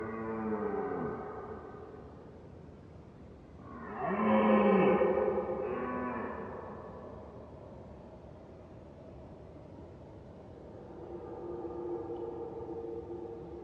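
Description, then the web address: Red deer roaring: a low, harmonic, moaning bellow swells and fades in the middle, with fainter drawn-out roars at the start and near the end against a soft background hiss. Red deer roaring, heard from far distance; mid-side stereo. "Sonniss com - GDC 2018-Game Audio Bundle Ivo Vicic - Red Deer and Roe Deer - Roaring, barking and other sounds Red Deer far distance MS"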